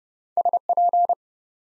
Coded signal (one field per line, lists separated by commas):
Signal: Morse code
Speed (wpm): 30 wpm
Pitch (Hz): 700 Hz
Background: none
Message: SP